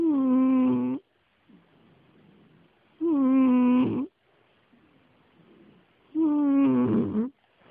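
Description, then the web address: Domestic cat snores in a rhythmic pattern, each loud, nasal, humming breath lasting about a second and recurring every three seconds, with faint rasping breaths between. "charlie Cat snoring"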